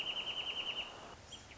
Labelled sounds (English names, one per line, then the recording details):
Wrentit
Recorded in Sonoma County, California